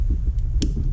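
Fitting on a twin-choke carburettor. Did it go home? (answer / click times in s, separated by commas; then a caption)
yes / 0.6 s. During a rebuild of a Weber DCNF 40 twin-choke carburettor for an MG Maestro, a fitting (likely a linkage or clip) is pushed on over a steady low hum and rumble, with a faint tick at 0.4 s. A single sharp click at 0.6 s shows the fitting has seated correctly, since hearing that click is how you know it is fitted right.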